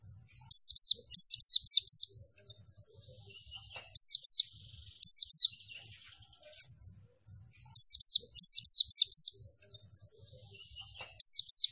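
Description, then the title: White-eye song in lively bursts of fast, high, downslurred notes, repeated several times, with softer twittering between bursts. Song given in the lively, vigorous style known as gacor. "Pleci Gacor"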